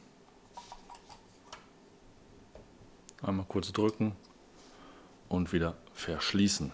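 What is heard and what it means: A battery is inserted into the battery compartment of an Akaso Brave 7 LE action camera and pressed in briefly, with faint clicks and handling sounds before a short, sharp click at 3.1 seconds as the battery seats. Someone talks before and after the click.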